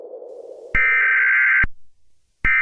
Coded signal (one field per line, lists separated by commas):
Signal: Emergency Alert System (SAME) tones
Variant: header bursts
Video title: Michigan Severe Weather Outbreak (2020) [EAS MOCK]